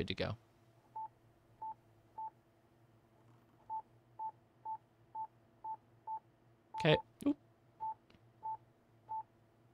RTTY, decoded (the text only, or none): none